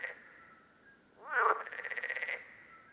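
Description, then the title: Common parsley frog call: a single pulsed, rasping croak lasting about a second, over a faint steady whistle-like tone. Several frogs at Lerouville, Lorraine, France, on 5 June 2022. "Parsley-Frogs-Lerouville-Lorraine-France-05 06 2022"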